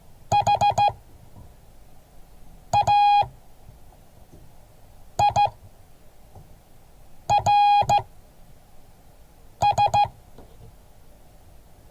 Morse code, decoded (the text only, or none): HAIRS